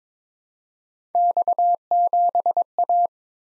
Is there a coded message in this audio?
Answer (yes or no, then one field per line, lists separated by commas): yes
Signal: Morse code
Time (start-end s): 1.1-3.1 s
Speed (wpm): 22 wpm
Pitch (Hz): 700 Hz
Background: none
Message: X7A